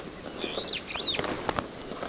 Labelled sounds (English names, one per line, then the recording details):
Superb Starling flight call
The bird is a female
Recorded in Kenya on 9 June 2010
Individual 58, of group MRC1